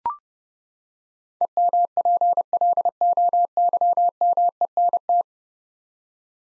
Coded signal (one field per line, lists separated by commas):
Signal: Morse code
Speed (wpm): 30 wpm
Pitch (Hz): 700 Hz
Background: none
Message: EMPLOYMENT